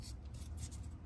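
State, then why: Not seated. A male metal terminal pin is handled at position 44 of the plastic seat harness connector during a passenger power seat installation on a 2019–2022 Silverado / Sierra, with the pin held vertically before being pushed in. Only soft rubbing and scraping sounds over a steady low hum are heard. Nothing has seated or clicked yet; the pin is not yet home.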